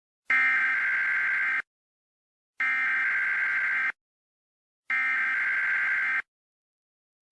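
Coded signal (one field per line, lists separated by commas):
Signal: Emergency Alert System (SAME) tones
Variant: header bursts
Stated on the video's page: Fictional comedy EAS alert.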